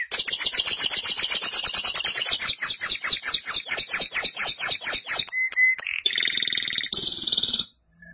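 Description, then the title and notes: Canary song: a long series of quick chirps, then a short whistled note and a buzzy trill before silence. "BM Suara Kenari. BM Suara Burung Kenari"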